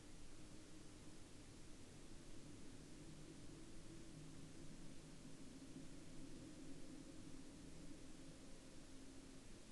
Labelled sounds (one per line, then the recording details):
near silence
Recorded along the Dempster Highway, Canada, on 14 October 2020 at 17:21
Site 12